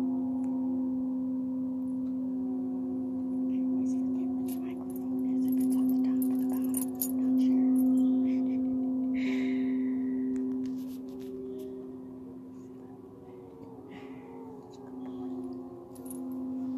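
Tibetan singing bowls hum in a steady, layered drone with a strong low tone that swells and fades slowly across the whole clip. Light metallic clinks and jingles scatter through it, and a couple of brief cat-like cries rise around 9 and 14 seconds.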